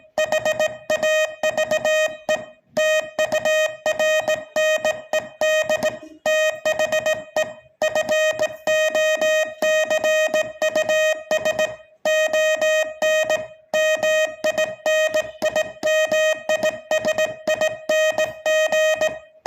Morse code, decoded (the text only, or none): HAVE TURNED THE FOCUS ON MINIMISING